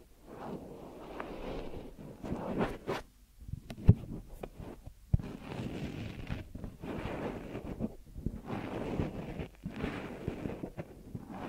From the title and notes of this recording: ASMR Deep Ear Massage for Sleep(No Talking).